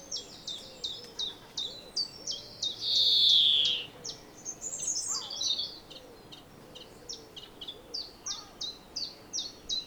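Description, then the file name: European greenfinch calls: short high chirps repeated about three times a second, broken near the third second by one long, buzzy, nasal wheeze. "Chloris chloris"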